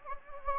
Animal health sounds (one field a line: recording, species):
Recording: mosquito wingbeat signal from an infrared sensor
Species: Anopheles gambiae